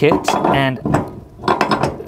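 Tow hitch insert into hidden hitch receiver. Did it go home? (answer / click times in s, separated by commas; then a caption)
yes / 1.6 s, 1.7 s. Someone talks while a removable tow hitch insert is pushed into the hidden hitch receiver of a Volvo XC90 (SPA platform, similar to the XC60 and V90). Its spring-operated lock engages with metallic, ratchet-like clicks at 1.6 s and 1.7 s, and the insert locks in place.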